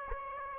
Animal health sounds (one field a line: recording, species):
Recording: mosquito wingbeat signal from an infrared sensor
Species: Aedes aegypti